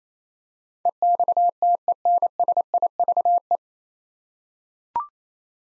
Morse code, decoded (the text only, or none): EXTENSIVE